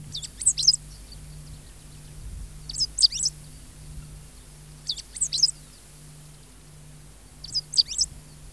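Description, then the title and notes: Great pampa finch calls: short high, sharp chirp clusters repeated about every two and a half seconds, four bursts in all, over a steady low hum. Argentina, in wet grasslands. "Museo de Ciencias de Bahía Blanca. Verdón (Embernagra platensis)"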